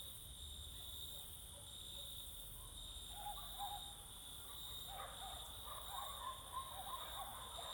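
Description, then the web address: Crickets keep a steady high trill throughout, with dogs barking in the background from the middle on. Crickets singing close in summer fields in the evening and night, with dogs barking all around. "Sculp Tunes - Summer in the field - Crickets and Cicadas"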